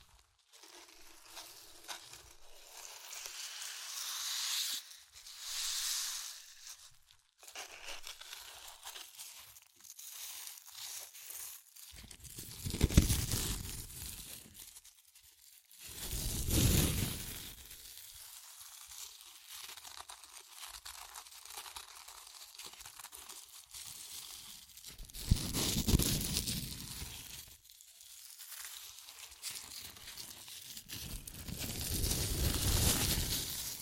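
Crunchy chips being crushed and eaten, with crinkling, rustling texture running throughout. Louder full crunching bursts come at about 12, 16, 25 and 31 seconds, each lasting a couple of seconds, between quieter stretches of crackling and faint crumbling.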